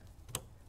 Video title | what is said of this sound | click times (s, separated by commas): HP ProLiant DL980 G7 Server Review & Overview - Memory Install Tips - How to Configure System RAM | little click right there you can hear it on both sides and now you can actually see | 0.3 s